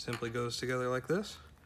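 A GPS antenna cable connector is being handled at the mating connector of a GPS tracker unit while someone talks. Only the voice is heard, followed by a faint tick near 1.6 s. Nothing has seated or clicked yet.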